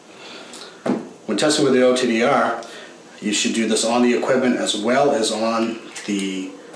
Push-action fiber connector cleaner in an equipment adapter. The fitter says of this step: to the connector on the inside of the unit just by simply pressing until you hear the click when